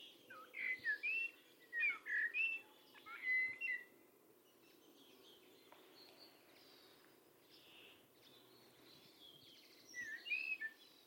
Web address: cianscape birddata Deverinetal 2025 Bird Only Tu Me Tu Me